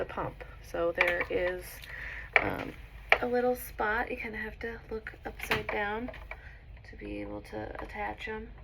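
The two legs on one side of a plastic medication cassette are hooked into the bottom of a PCA infusion pump, a fitting that requires looking upside down, while someone talks over faint handling sounds. The clip ends before the cassette goes home, and nothing has seated or clicked yet.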